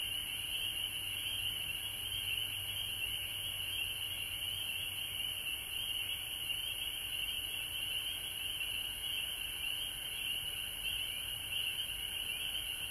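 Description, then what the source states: Frog chorus, shrill calls merging into a constant high ringing band, unchanged over the whole stretch, with a soft low hum at the start. Several frogs recorded at home in Georgia on March 19, 2020.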